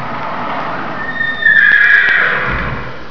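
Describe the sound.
Horse neighing: a loud, high whinny that wavers and then fades.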